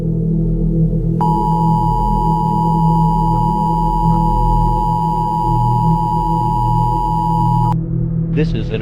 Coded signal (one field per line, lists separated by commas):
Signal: Emergency Alert System (SAME) tones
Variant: 853 and 960 Hz attention tone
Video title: TBC YouTube AI Update EAS Scenario (August 13th, 2025)